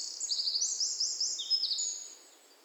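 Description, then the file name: Eurasian wren giving a short, sharp burst of high trilled notes that fades away after about two seconds. "Troglodytes troglodytes"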